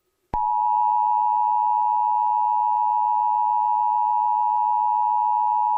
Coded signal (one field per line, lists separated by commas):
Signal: Emergency Alert System (SAME) tones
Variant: 853 and 960 Hz attention tone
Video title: EAS Scenario #4 - Ghost Bomb (Read description)